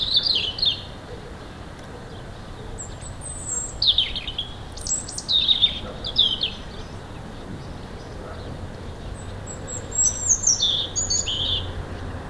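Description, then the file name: European robin singing several short, high tinkling phrases of sliding whistles and trills, with a longer pause before the last ones, against a faint constant hiss. "Erithacus rubecula"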